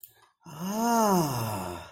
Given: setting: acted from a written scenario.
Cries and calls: vocal sound without words; realization

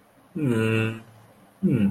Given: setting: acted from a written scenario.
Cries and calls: vocal sound without words; sadness

